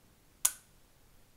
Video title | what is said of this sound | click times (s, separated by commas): Desmontagem completa Revolver Taurus Tracker 627. | vai fazer uma retenção zinha e vais ouvir um clique olha | 0.4 s